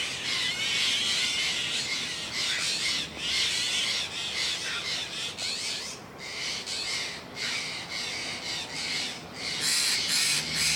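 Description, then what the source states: Steller's jay mobbing calls: rough, rasping notes about twice a second, pausing briefly before a final louder burst. Mobbing calls, northwestern California.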